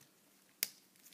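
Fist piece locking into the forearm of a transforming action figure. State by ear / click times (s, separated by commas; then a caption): seated / 0.6 s. A fist piece on a plastic Hasbro Jurassic Park x Transformers crossover action figure is folded out of the arm and locks open into the forearm. A single sharp, bright snap is heard at 0.6 s against near silence. The fist is seated, locked in the open position.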